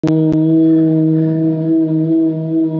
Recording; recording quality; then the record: sustained vowel as in boot; excellent, no background noise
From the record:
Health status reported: recovered from COVID-19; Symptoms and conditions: none ticked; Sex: male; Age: 24 years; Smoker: not ticked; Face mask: not worn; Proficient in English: yes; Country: India